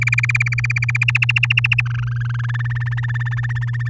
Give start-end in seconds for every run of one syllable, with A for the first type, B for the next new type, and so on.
0.01-1.04 A, 1.08-1.81 B, 1.85-2.46 C, 2.48-3.88 D